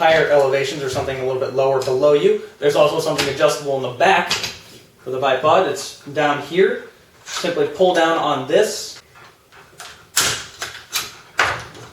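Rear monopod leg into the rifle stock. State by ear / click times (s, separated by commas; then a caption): seated / 10.2 s, 11.4 s. Someone talks while pulling down the adjustable rear monopod leg under the stock of a gas L96 airsoft sniper rifle. Sharp plastic or metal clicks sound at 10.2 s and 11.4 s as the leg locks down in place, seated.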